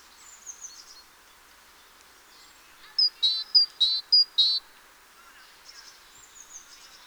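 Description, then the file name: Great tit calling with three clear pairs of notes, a thin high whistle then a lower, richer note, with faint chirps before and after. "Parus major"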